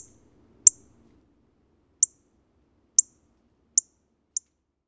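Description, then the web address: Northern cardinal call notes: five sharp, very high metallic chips at shortening intervals, from over a second apart to about half a second, with quiet between them. "Thumbs Plus Zoo Field Guide Repository Sounds Northern. Cardinal"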